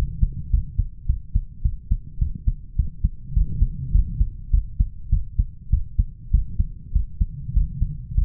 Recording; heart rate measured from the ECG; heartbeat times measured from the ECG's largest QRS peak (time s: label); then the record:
heart sounds by stethoscope; 102 bpm
0.53 s: heartbeat
1.08 s: heartbeat
1.64 s: heartbeat
2.21 s: heartbeat
2.78 s: heartbeat
3.36 s: heartbeat
3.94 s: heartbeat
4.53 s: heartbeat
5.12 s: heartbeat
5.72 s: heartbeat
6.33 s: heartbeat
6.95 s: heartbeat
7.56 s: heartbeat
8.17 s: heartbeat
From the record:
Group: healthy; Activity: cold pressor test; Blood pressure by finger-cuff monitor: 143/95 mmHg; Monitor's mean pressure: 114 mmHg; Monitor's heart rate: 103 bpm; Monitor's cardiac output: 7.7 L/min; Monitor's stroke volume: 73 mL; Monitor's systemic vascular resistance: 1150 dyn s/cm5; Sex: male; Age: 21 years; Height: 175 cm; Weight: 72.6 kg